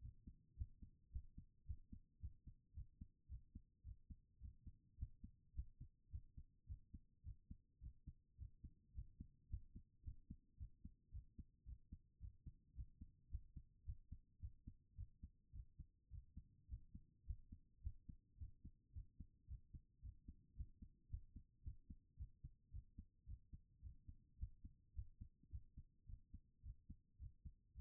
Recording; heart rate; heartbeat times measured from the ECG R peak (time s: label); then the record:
heart sounds by stethoscope; 108 bpm
0.01 s: heartbeat
0.57 s: heartbeat
1.11 s: heartbeat
1.66 s: heartbeat
2.20 s: heartbeat
2.74 s: heartbeat
3.29 s: heartbeat
3.84 s: heartbeat
4.41 s: heartbeat
4.98 s: heartbeat
5.54 s: heartbeat
6.11 s: heartbeat
6.67 s: heartbeat
7.24 s: heartbeat
7.81 s: heartbeat
8.38 s: heartbeat
8.94 s: heartbeat
9.49 s: heartbeat
10.04 s: heartbeat
10.57 s: heartbeat
11.12 s: heartbeat
11.66 s: heartbeat
12.20 s: heartbeat
12.75 s: heartbeat
13.30 s: heartbeat
13.85 s: heartbeat
14.40 s: heartbeat
14.96 s: heartbeat
15.53 s: heartbeat
16.11 s: heartbeat
16.69 s: heartbeat
17.25 s: heartbeat
17.82 s: heartbeat
18.38 s: heartbeat
18.93 s: heartbeat
19.48 s: heartbeat
20.02 s: heartbeat
20.56 s: heartbeat
21.09 s: heartbeat
21.63 s: heartbeat
22.17 s: heartbeat
22.71 s: heartbeat
23.26 s: heartbeat
23.82 s: heartbeat
24.38 s: heartbeat
24.94 s: heartbeat
25.50 s: heartbeat
26.06 s: heartbeat
26.63 s: heartbeat
27.19 s: heartbeat
27.75 s: heartbeat
From the record:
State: after exercise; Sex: female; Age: 39 years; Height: 175 cm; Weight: 68 kg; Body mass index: 22.20